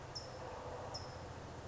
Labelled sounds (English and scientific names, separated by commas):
California Towhee (Melozone crissalis)